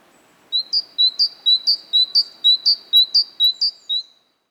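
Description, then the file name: Great tit giving a series of about seven crisp two-note phrases of alternating high and lower notes, evenly paced before falling silent. "Parus major"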